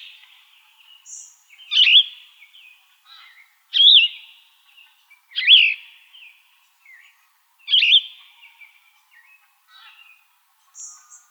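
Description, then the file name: Yellow-throated vireo song: four short slurred phrases about two seconds apart, with faint softer notes in the gaps. Recorded in Arizona, dated 29 August 2004. "YTVI 1 A deviche"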